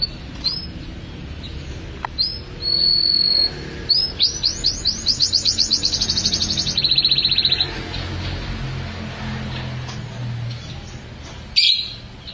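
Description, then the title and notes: Atlantic canary song: rising upslurred whistles, a long steady whistled note, then a rapid pulsed trill lasting about three seconds. "Suara Burung Kenari"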